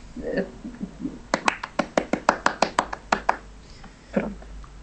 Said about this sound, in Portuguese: Quando há piadas, as pessoas riem-se, não batem palmas. As pessoas batem palmas quando não sabem o que é que vão fazer.